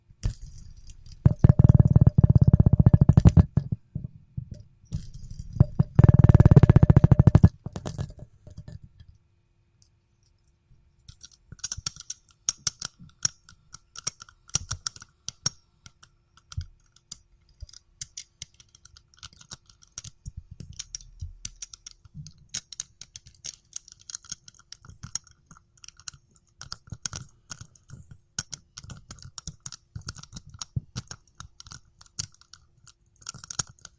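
A fidget spinner gives two loud whirring spins in the first eight seconds, then a long stretch of light, irregular tapping and clicking.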